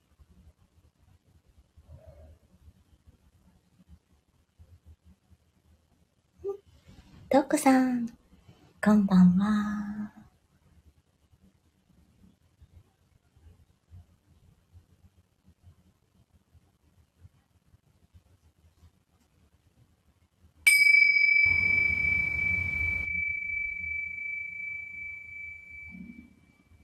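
A soft low hum, and a few spoken words near the middle. Around twenty seconds a singing bowl is struck, and its bright, steady ring hangs in the air, slowly fading through the last seconds.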